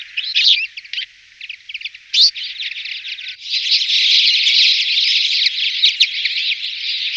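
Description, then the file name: Twite calls: a dense, continuous run of high twittering notes that grows fuller and steadier after the first few seconds. "konopka-žlutozobá"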